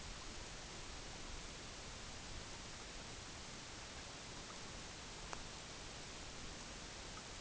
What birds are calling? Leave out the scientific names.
none